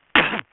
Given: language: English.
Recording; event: throat vibration sensor signal played as sound; cough